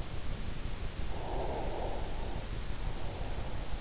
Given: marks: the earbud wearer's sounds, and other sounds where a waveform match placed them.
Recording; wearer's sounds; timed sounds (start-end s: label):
sounds in sleep by an in-ear microphone; breath
0.99-3.58 s: breath